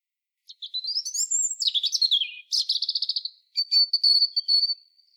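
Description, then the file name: European robin delivering one song phrase: a rising thin whistle, a tumbling descending warble, a rapid rattling trill, then after a brief pause a sustained high pulsing note. "Erithacus rubecula"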